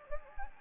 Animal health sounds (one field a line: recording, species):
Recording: mosquito wingbeat signal from an infrared sensor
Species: Anopheles gambiae